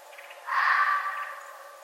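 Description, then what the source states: Red fox call: one loud, coarse, hoarse cry that tails off, with light clicking before and after and a steady hum behind. Recorded 11 November 2011.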